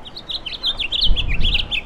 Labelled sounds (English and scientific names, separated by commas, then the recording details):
House Finch (Haemorhous mexicanus) song
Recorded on Long Island, New York, on 17 May 2012
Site AB
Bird C